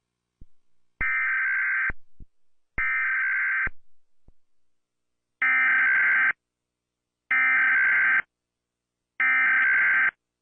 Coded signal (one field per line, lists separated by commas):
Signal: Emergency Alert System (SAME) tones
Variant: header bursts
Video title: EAS DirecTV: National Periodic Test (2016)